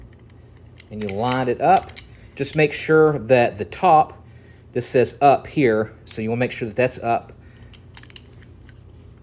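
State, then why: Seated. Someone talks while an embossing die insert, lined up so the side marked "up" is on top, is pushed into the jaw of a notary seal embosser. Soft clicks follow after the talking stops, and the insert clicks into the jaw and seats at 8.2 s.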